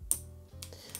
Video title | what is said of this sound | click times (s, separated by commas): Does the Magbak Elite case live up to the hype? | end when it's extended fully there's a click to it | 0.1 s